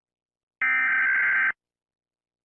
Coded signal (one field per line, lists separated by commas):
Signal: Emergency Alert System (SAME) tones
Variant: header bursts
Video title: Eas scenario 1: 2025 asteroid disaster (Eas재난 1: 2025 소행성재난)